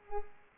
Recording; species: mosquito wingbeat signal from an infrared sensor; Culex pipiens